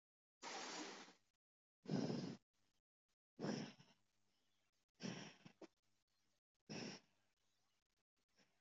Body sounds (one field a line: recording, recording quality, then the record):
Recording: shallow breathing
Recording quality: excellent, no background noise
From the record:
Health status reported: healthy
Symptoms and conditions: none ticked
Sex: female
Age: 40 years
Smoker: not ticked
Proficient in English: no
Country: India